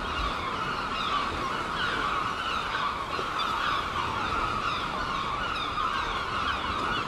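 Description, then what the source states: Numerous gulls crying together, their harsh, overlapping calls blending into a constant noisy chorus that barely rises or falls. Gulls at Seaton, dated 17 03.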